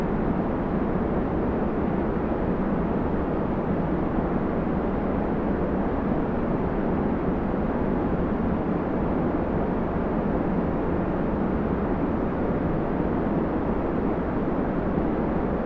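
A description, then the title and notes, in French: Steady white noise holds unchanged from start to finish, a dense, even hiss with no breaks or events. The sound sits mostly in the low and middle range, warm and full rather than bright, with the highest tones rolled off, like a constant engine rumble. Bruit Blanc Étoilé | Sommeil Profond Céleste.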